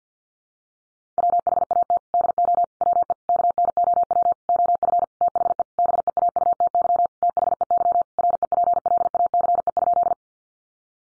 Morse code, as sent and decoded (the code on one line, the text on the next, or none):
.-- .... .- - / -.. --- / .-- . / -.- -. --- .-- / --- ..-. / - .... . / -... . .- ..- - -.-- / - .... . -.-- / .-. . .--. .-.. .- -.-. . ..--..
WHAT DO WE KNOW OF THE BEAUTY THEY REPLACE?